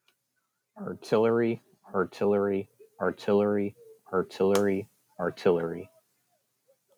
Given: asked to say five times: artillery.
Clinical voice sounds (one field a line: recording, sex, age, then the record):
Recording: repeated word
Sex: male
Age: 20 to 29 years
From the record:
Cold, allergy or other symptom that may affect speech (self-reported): no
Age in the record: 24 years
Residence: Texas, United States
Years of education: 14